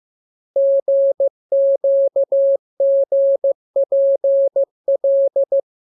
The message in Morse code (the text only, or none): GQGPL